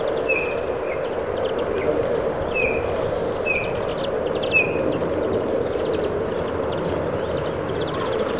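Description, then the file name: Eurasian bullfinch giving soft, short piping whistles, repeated at irregular intervals over steady rushing background noise, then falling silent for the last few seconds. "Pyrrhula pyrrhula"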